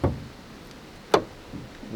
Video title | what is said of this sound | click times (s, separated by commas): New MG3 Review 2024 - The best small car? | just hit the release here to release the latch push right W | 1.1 s